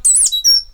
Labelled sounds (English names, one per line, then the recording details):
Stitchbird song
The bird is a male
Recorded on Tiritiri Matangi Island, New Zealand, in 2005
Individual 8, of nest box 10